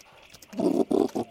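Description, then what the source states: Brush-tailed possum grunts, three short rough low bursts in quick succession, the first longest, over a quiet background. Brush-tailed possums grunting in the woods.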